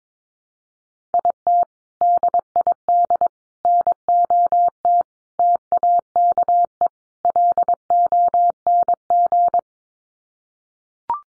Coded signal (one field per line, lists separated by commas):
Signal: Morse code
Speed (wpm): 22 wpm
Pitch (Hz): 700 Hz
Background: none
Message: IT DID NOT TAKE LONG